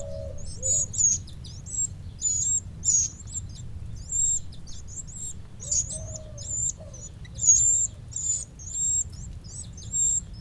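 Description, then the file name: Eurasian wren calls: a busy run of thin, very high squeaky notes, some slurred, with occasional lower soft notes and faint background rumble. "Troglodytes troglodytes"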